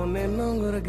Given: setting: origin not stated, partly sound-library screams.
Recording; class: one-second piece from a danger detection set; normal situation